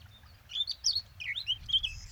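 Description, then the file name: Eurasian blackcap song, a brief phrase of sliding, fluty whistles rising and falling, over a low background rumble. "Sylvia atricapilla"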